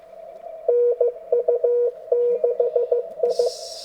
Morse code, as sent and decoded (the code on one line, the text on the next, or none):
-. ..- -.... ..
NU6I